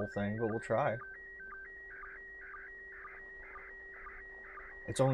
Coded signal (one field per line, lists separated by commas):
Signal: SSTV (slow-scan television)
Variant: PD 120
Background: speech